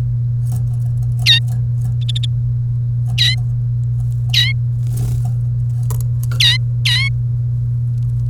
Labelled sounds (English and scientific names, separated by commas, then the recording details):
Domestic Canary (Serinus canaria) song
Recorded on 1 May 2018 at 09:51
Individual llb3